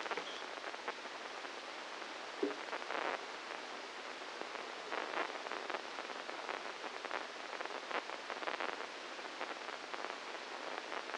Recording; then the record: brain microelectrode recording played as sound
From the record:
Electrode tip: inside the subthalamic nucleus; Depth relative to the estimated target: -2 mm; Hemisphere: left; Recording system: NeuroSet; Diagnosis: Parkinson's disease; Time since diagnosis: 12 years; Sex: male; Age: 61 years